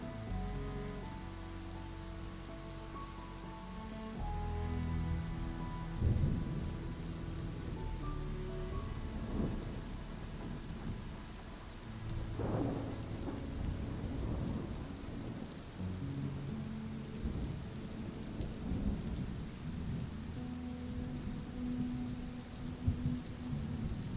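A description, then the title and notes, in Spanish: Rain falls in a steady hiss throughout, with soft music underneath: sustained low tones and chords that shift every few seconds. A low rumble of thunder swells around six seconds and again near twelve, and scattered drops and crackles grow busier in the second half. Calmante sonido de la lluvia y el trueno, acompañado de música suave.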